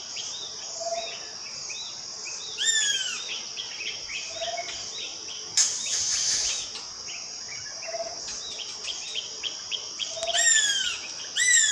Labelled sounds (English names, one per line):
Black Goshawk